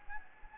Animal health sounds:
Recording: mosquito wingbeat signal from an infrared sensor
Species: Anopheles gambiae

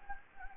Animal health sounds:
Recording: mosquito wingbeat signal from an infrared sensor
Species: Anopheles gambiae

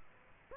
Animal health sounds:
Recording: mosquito wingbeat signal from an infrared sensor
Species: Aedes aegypti

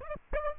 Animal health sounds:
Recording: mosquito wingbeat signal from an infrared sensor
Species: Aedes aegypti

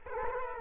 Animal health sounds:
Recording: mosquito wingbeat signal from an infrared sensor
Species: Culex quinquefasciatus

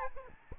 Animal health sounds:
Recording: mosquito wingbeat signal from an infrared sensor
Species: Aedes albopictus

